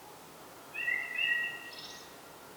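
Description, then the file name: Common blackbird phrase: two soft, level whistled notes followed by a faint high twitter, quiet against a light background hiss. "Turdus merula"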